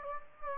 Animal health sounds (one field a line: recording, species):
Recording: mosquito wingbeat signal from an infrared sensor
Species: Anopheles gambiae